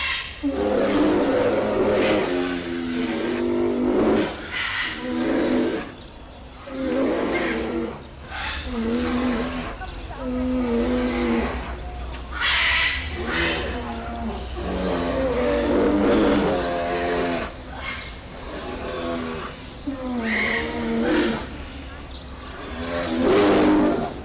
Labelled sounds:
Polar Bear aggressive call
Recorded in captivity
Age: adult
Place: Zoo Berlin, Berlin, DE
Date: 1999-07-20 17:35
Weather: fair to thunderstorm, 26-28°C
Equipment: Sony WM-D6C, Sennheiser ME 80, Kopie Uher 4000 Report Monitor
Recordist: Tembrock, Günter

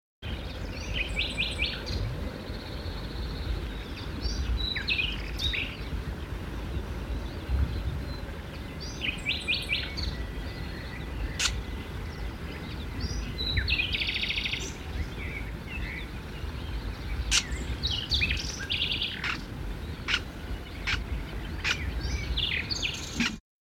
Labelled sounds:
Lesser Grey Shrike call
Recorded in the wild
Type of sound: call
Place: Sapareva Banya, Rila-Gebirge, Sofia, BG
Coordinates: 42.29, 23.269
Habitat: Montains
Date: 1974-05-22
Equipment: Nagra III BH, Sennheiser MD 21, parabola
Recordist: Schubert, Michael
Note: Rufe Schwarzstirnwürger ("schrräg")

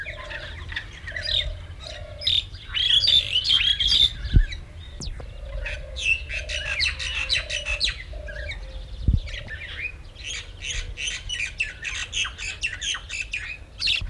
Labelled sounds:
Pied Myna song
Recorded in captivity
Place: Vogelpark Walsrode, Niedersachsen, DE
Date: 1970-06-27
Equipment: Halbspur, 9,5 cm/s
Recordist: Lütgens, Hans
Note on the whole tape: Gesang

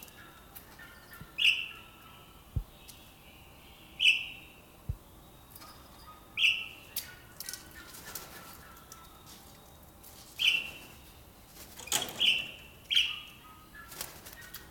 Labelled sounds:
Golden-breasted Starling call
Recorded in captivity
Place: Zoo Berlin, Berlin, DE
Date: 1997-01-18 12:46
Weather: bedeckt, -1°C
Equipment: Nagra SN, Kopie Uher 4000 Report Monitor
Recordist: Tembrock, Günter

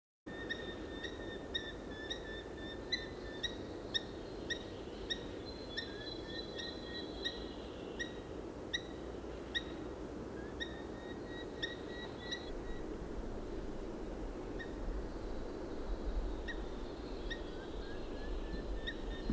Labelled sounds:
Eurasian Hobby call
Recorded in the wild
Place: Serrahn, Mecklenburg-Vorpommern, DE
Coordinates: 53.344, 13.204
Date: 1978-05-13
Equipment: Nagra III BH, Sennheiser MD 21, parabola
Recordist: Schubert, Michael

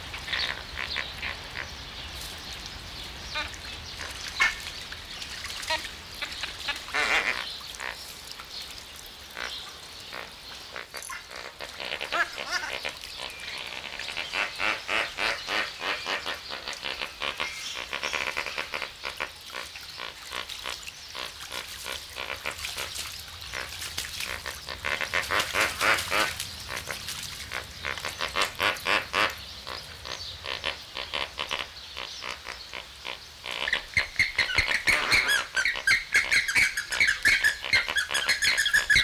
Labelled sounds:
James's Flamingo
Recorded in captivity
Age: adult
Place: Zoo Berlin, Berlin, DE
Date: 1994-01-08 11:52
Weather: wolkig bis sonnig, 6 °C
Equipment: Marantz CP 430, Sennheiser MKH 416 T, Kopie Uher Variocord 263
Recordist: Tembrock, Günter

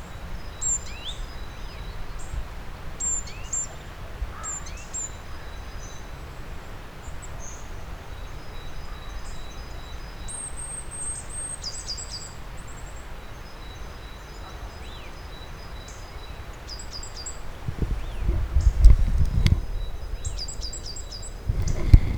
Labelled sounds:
Great Tit
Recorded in the wild
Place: Birken-Honigsessen, Westerwald, Rheinland-Pfalz, DE
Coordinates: 50.8192, 7.76194
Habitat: mixed forest
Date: 1992-03-18 15:42
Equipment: Aiwa HD-S1, Sennheiser ME 80, 1:1 Kopie
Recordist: Frommolt, Karl-Heinz

